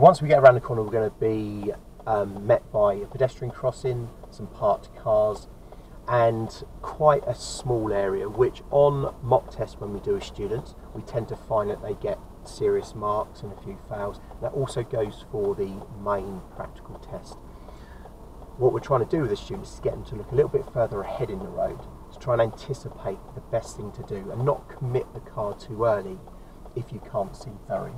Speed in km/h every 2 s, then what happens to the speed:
3, 3, 3, 2, 2, 2, 2, 2, 2, 2, 3, 0, 2, 0.
0-5 steady at about 3. 5-28 standing.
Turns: none.